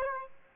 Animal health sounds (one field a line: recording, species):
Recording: mosquito wingbeat signal from an infrared sensor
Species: Aedes aegypti